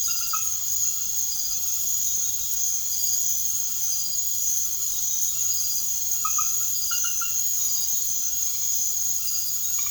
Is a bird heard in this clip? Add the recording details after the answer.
no. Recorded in secondary vegetation near Puerto Asís, Putumayo, Colombia, on 21 March 2025 at 22:00. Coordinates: 0.489, -76.322. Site G042